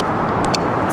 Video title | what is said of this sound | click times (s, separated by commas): T Rex Racing Protection Kit Install - 2016 Yamaha FZ-07 | kind of harder to hear at the lower foot-pounds but I am getting that click and do | 0.5 s